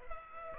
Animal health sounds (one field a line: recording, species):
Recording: mosquito wingbeat signal from an infrared sensor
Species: Culex pipiens